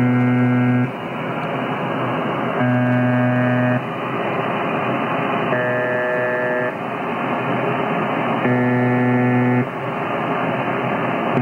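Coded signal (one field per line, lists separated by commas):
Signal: channel marker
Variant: UVB-76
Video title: UVB 76 / UZB 76 The Buzzer - Emulation using Spectrum Lab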